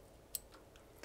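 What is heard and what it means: A crimped 5 volt wire terminal is pushed into a plastic Molex connector housing and locks into place, with a sharp click at 0.4 s. Two fainter ticks follow near 0.8 s and 1.0 s. The pin is seated and the connector is made up.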